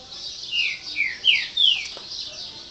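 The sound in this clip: Chopi Blackbird song: four clear whistled notes, each sliding downward, spaced about a third of a second apart over a steady hiss.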